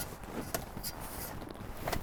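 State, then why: Seated. One end of a rigid cargo shade on a 2022 Lincoln Nautilus Reserve SUV is lined up with the slide on the side trim of the cargo area and pushed in. Soft handling and rustling noises lead to a sharp tap at about 0.5 s, then a quick double click at 1.9 s as the end drops in and seats into the side slot.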